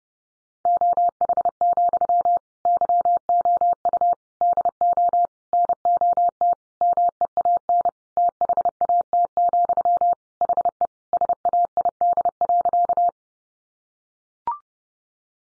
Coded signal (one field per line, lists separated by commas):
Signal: Morse code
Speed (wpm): 30 wpm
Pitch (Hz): 700 Hz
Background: none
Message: OH, YOU DO NOT MEAN THAT, HE SAID.